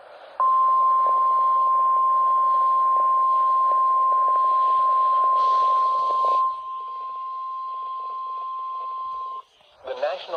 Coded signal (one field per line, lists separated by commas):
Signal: Emergency Alert System (SAME) tones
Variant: 1050 Hz attention tone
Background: speech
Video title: MARCH OF THE MEDIOCRE MODERATE - EAS Alerts from 3/16/26 || EAS 2,054-2,085